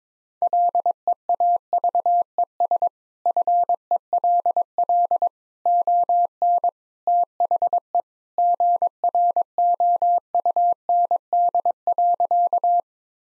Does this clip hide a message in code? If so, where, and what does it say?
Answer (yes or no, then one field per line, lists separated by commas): yes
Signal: Morse code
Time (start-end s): 0.4-12.8 s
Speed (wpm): 22 wpm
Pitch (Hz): 700 Hz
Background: none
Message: LEAVES FELL ON THE GROUND.